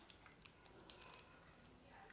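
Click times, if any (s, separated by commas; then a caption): 0.9 s. A moving part of a metal toy pistol that doubles as a butane gas lighter is pulled back and locks in place. Several faint clicks lead up to a sharp, strong click at 0.9 s as the part seats, followed by a quieter click near the end.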